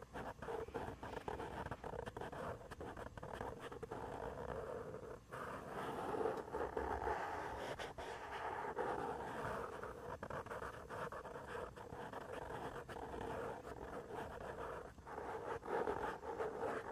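A head and back scratcher rakes steadily over the mic in dense, continuous scratching, with frequent brief clicks and a few short dips around five seconds.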